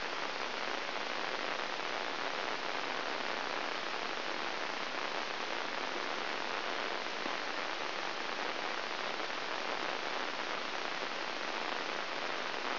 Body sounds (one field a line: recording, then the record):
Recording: brain microelectrode recording played as sound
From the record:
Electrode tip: inside the subthalamic nucleus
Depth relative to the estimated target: -2 mm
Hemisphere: left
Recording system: AlphaMap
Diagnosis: Parkinson's disease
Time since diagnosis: 20 years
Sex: female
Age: 65 years